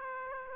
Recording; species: mosquito wingbeat signal from an infrared sensor; Aedes aegypti